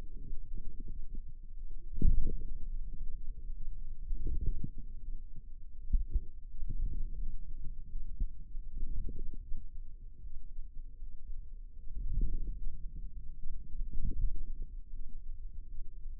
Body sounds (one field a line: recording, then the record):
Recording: forearm muscle sounds (acoustic myography)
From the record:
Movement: wrist extension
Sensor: system 2, bracelet of six BSWA MPA416 microphones around the upper forearm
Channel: 4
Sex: female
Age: 23 years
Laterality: right